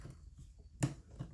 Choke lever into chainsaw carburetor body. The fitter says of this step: Sometimes pliers help, sometimes they don't. There, it snapped back in.